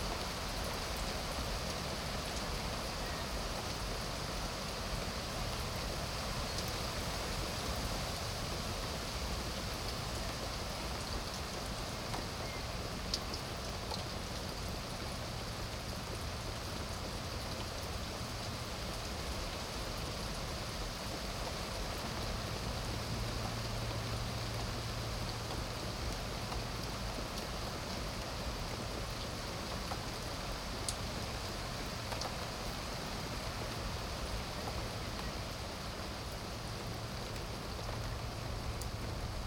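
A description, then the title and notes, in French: Rain falls steadily on a wooden terrace, a dense, even patter of countless drops that never lets up across the whole stretch. A faint low hum sits underneath at times, and a few slightly sharper drips stand out now and then. Petit orage du soir. Soirée de printemps. Réalisation : Olivier Noack.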